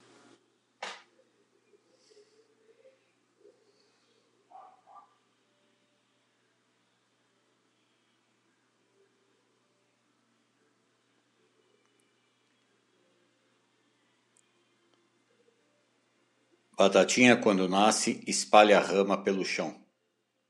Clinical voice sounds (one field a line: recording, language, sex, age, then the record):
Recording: short text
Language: Brazilian Portuguese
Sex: male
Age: 60 to 69 years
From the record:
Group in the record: control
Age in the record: 60 years